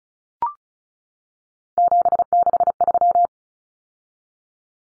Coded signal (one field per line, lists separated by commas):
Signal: Morse code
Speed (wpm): 34 wpm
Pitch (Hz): 700 Hz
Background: none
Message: 763